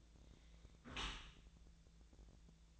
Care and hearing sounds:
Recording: daily activity, microphone in the room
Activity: close dishwasher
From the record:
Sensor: 3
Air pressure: 1000.5 hPa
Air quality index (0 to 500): 173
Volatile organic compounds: 3 ppm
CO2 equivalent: 1501 ppm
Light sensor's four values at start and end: 13/34/13/15 and 13/35/13/15

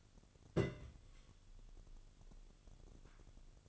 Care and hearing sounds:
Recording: daily activity, microphone in the room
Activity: place on stove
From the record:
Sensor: 4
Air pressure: 1008.8 hPa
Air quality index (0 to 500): 122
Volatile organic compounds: 1 ppm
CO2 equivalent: 892 ppm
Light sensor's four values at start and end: 10/23/9/9 and 10/24/9/9

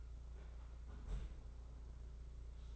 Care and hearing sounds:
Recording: daily activity, microphone in the room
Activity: close fridge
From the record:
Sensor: 3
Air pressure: 991.0 hPa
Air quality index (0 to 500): 121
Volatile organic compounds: 100 ppm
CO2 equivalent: 3752 ppm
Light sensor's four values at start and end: 28/67/27/25 and 28/67/27/25

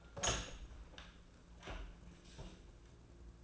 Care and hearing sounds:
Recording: daily activity, microphone in the room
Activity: open door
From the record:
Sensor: 2

